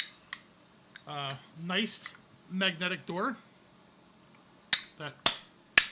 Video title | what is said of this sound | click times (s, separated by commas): Shitty Boxes.. | is very very strong magnets that clicks right in | 5.8 s